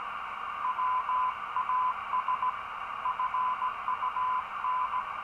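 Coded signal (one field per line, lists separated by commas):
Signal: Morse code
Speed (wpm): 16 wpm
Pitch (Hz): 1000 Hz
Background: radio noise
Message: WAS FUN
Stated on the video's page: Received on a home-built superheterodyne receiver with manual gain control on the RF and two IF stages and refined audio processing.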